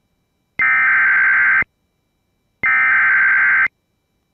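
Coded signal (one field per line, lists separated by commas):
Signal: Emergency Alert System (SAME) tones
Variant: header bursts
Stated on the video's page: Severe Thunderstorm Warning carried by a radio station.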